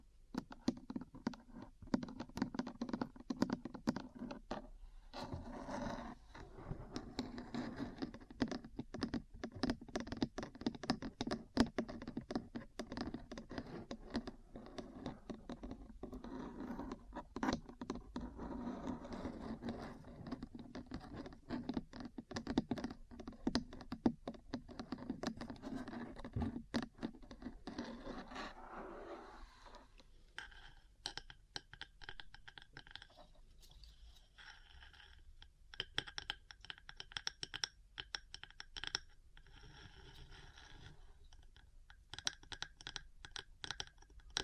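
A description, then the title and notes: Metal parts are tapped and scratched in a dense, fast run of small clicks and rasps. For the first half-minute a low scraping rumble sits under the taps. After about 30 seconds it drops away, leaving sparser, lighter ticks that pick up briefly near the end. ASMR 3Dio Metal Parts Tapping & Scratching for Sleep and Relaxation (No Talking).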